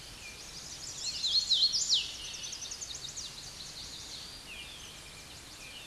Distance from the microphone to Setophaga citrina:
about 10 m